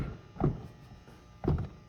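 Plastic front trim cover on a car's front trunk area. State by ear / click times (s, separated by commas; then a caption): not seated / none. A hand presses down on the loose plastic front trim cover under the front hood of a 2023 Tesla Model Y, in the front trunk area, which stopped latching properly after the HVAC fan replacement. Two dull plastic thunks are heard, around 0.4 s and 1.5 s. The cover does not latch down and nothing has clicked into place yet.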